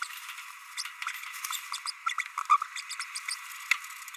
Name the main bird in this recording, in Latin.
Forpus passerinus